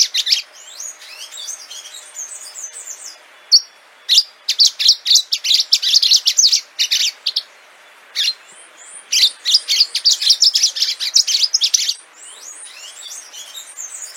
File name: canto do canario do amazonas